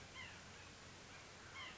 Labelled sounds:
White-breasted Nuthatch
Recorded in Sonoma County, California

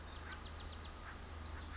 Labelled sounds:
Pacific Wren
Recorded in Sonoma County, California

